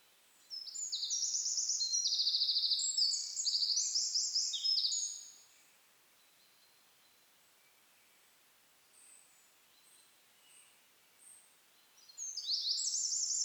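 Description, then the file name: Eurasian wren singing an energetic burst of high, fast trills for about five seconds, then near silence with a few faint notes before another loud trilled phrase begins. "Troglodytes troglodytes"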